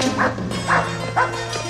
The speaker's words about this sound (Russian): Джерри Ли лает, положив лапы на парапет.